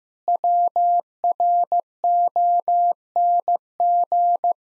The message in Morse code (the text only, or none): WRONG